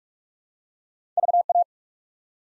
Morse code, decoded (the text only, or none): VA